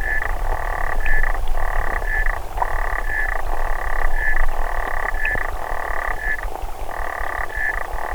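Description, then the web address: Clawed frog giving long, loud buzzy trills broken by brief pauses, with a steady low rumble beneath. "sounds xenopus"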